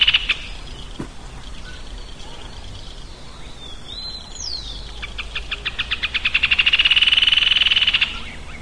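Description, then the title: Bird singing, a few scattered chirps and a sliding whistle, then a rapid pulsed trill that builds to a loud buzzy rattle before stopping. "LuckyPassaro Completos2Sama"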